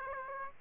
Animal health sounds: mosquito wingbeat signal from an infrared sensor; Aedes aegypti

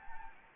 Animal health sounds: mosquito wingbeat signal from an infrared sensor; Anopheles gambiae

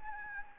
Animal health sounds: mosquito wingbeat signal from an infrared sensor; Anopheles gambiae

